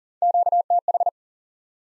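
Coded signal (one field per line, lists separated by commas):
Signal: Morse code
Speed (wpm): 40 wpm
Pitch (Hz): 700 Hz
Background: none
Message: QTH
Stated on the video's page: Morse code head-copy drill of the top 20 QSO elements at 40 wpm, each element sent, then spoken, then sent again.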